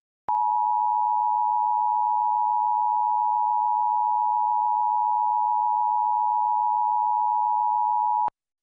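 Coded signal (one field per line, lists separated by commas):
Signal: Emergency Alert System (SAME) tones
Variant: 853 and 960 Hz attention tone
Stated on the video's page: Required monthly EAS tests on two Jackson, Tennessee TV stations relaying LP-2 FM station; one station passed no tones or audio.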